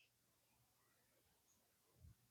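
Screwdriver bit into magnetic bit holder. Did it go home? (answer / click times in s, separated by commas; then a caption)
no / none. A steel screwdriver bit is being placed by hand, without forcing, into a magnetic bit holder slot of a 42-in-1 screwdriver kit. Faint handling noise runs through the clip, with a brief low thump near 2.0 seconds. Nothing has snapped in or seated yet when the clip ends.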